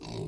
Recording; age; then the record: pig call; weaner (32 to 43 days)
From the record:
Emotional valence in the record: negative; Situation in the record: novel object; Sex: female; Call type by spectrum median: low-frequency call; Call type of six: low-frequency stable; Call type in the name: low-frequency stable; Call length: 0.28 s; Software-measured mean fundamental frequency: 55 Hz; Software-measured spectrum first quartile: 217 Hz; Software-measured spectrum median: 456 Hz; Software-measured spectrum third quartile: 2280 Hz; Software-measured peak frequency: 383 Hz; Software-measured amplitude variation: 118 dB a second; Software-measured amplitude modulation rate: 31.8 a second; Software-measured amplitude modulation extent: 3.7 dB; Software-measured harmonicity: 4.3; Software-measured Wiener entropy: -3.50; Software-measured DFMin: 1410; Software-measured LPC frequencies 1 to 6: 353, 876, 2645, 3834, 4562, 5314 Hz